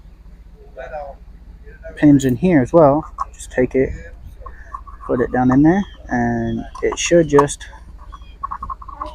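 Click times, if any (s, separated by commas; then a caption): 8.5 s. Someone talks while a new cartridge-style oil filter is pressed down onto the locating pins in its plastic engine filter housing. A sharp pop at 8.5 s marks the cartridge snapping into place, and it is seated.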